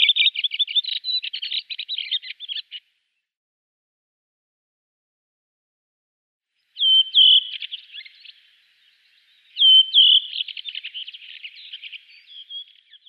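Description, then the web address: Redwing song: bursts of rapid, scratchy, chattering twitter, the later ones opening with clear whistled notes, three phrases separated by silent gaps, the first long and the second short, nothing else audible. "Schulze Peter Redwing song"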